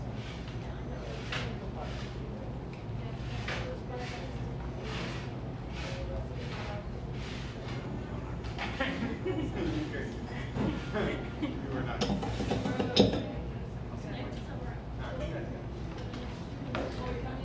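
A buzzing coffee shop full of overlapping conversation, a steady murmur of voices over a low constant hum. Brief clinks and clatters break through now and then, with a louder burst of clattering around twelve to thirteen seconds.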